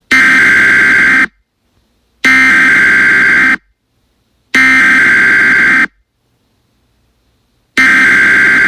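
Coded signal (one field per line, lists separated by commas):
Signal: Emergency Alert System (SAME) tones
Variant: header bursts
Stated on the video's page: Fictional EAS scenario about a HAARP malfunction, set in an alternate universe.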